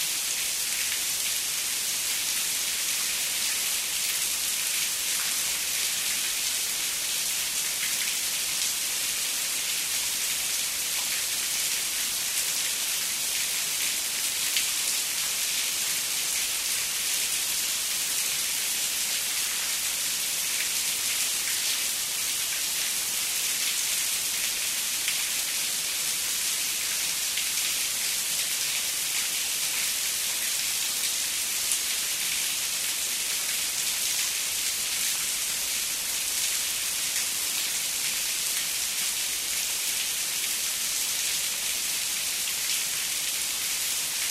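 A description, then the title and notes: Rain falls gently and steadily on the ground, a dense, even hiss that holds the same level for the whole stretch. The sound is bright and airy with little low rumble, and no single drops or other sounds stand out. Steady Rainfall. The sound of the rain falling gently on the ground.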